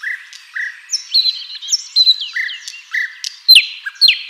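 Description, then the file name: Common nightingale giving short whistled and buzzy notes, some rising, others flat, in quick alternating succession. "Luscinia megarhynchos"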